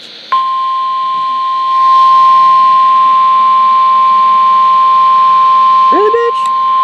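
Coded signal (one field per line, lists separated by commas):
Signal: Emergency Alert System (SAME) tones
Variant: 1050 Hz attention tone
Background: speech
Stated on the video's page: Severe weather EAS alerts received on NOAA weather radio during a week in York Beach, Maine.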